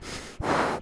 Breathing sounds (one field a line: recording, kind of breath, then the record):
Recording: one breath in and out by a microphone near the nose and mouth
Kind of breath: strong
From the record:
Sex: male